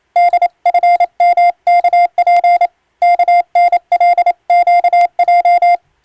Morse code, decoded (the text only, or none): DFMKP KNLQJ